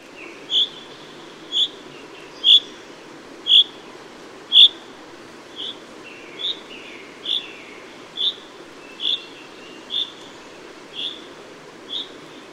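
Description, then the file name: Common chaffinch repeating short pinking call notes about once a second, louder at first then softer, with faint hiss behind. "Fringilla coelebs"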